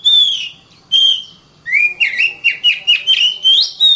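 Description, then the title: Oriental magpie-robin giving two long whistles, then a quick series of short, varied whistled notes. Masteran (tutor) song of the magpie-robin, known locally as kacer. "Suara Kacer Masteran"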